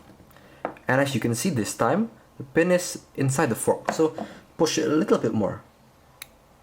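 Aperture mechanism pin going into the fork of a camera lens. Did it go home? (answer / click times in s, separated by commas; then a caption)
yes / 6.2 s. While reassembling a Fujifilm Fujinon 55mm f1.8 manual lens being serviced for a sticky aperture stuck at f16 and fungus, the aperture unit is pushed in with its pin inside the fork. Someone talks, then after a pause a sharp, brief click is heard at 6.2 s as the aperture assembly seats into place.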